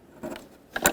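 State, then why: Not seated. A plastic locking tab on a tail light wiring connector of a 2007–2012 Dodge Caliber is handled as it is slid back toward the connector housing. Faint scraping at about 0.2–0.4 seconds is followed by two sharp ticks near 0.8 and 0.9 seconds. The clip ends before the tab goes home, so nothing has seated or locked yet.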